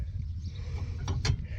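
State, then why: Released. A mechanic pushes up on the hood release lever by the cab of a Case IH 7140 Magnum tractor, and the hood release latch clicks open at 1.3 s, releasing the hood so it lifts easily. A softer click comes just before, at 1.1 s, over a low background rumble.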